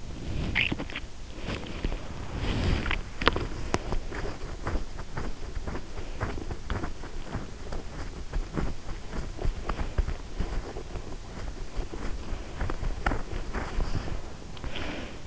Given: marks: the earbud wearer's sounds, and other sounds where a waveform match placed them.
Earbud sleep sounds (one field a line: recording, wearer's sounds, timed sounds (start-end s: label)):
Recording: sounds in sleep by an in-ear microphone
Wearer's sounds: breath, swallowing, body movement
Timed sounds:
0.00-0.57 s: breath
0.48-1.10 s: swallowing
1.37-2.02 s: swallowing
2.22-2.91 s: breath
2.79-3.39 s: swallowing
3.27-15.27 s: body movement